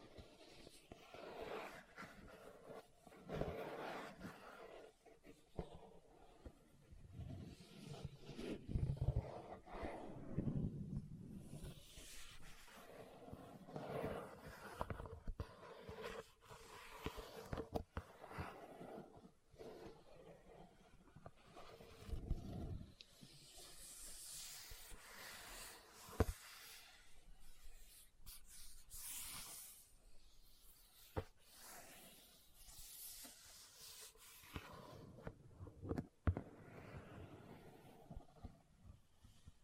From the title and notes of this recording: ASMR Leather Tapping & Scratching Sounds (No Talking).